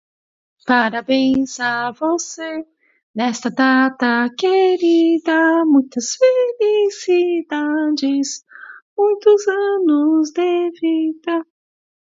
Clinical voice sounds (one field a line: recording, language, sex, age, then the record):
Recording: short text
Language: Brazilian Portuguese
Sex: female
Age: 50 to 59 years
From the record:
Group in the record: control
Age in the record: 52 years